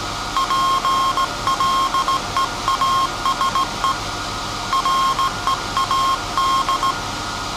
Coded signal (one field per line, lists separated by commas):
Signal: Morse code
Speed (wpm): 16 wpm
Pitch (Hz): 1070 Hz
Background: none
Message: PLEASE READ